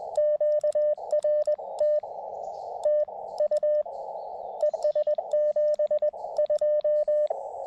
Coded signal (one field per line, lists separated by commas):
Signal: Morse code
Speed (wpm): 21 wpm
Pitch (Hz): 1800 Hz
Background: radio noise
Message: QRT TU ES 72